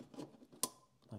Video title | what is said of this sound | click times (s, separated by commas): Jetsurf DFI Engine and Exhaust Removal How to save you Hassles | I'll be quiet while we do this one so make sure you hear the clip like that and | 0.6 s